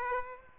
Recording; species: mosquito wingbeat signal from an infrared sensor; Aedes aegypti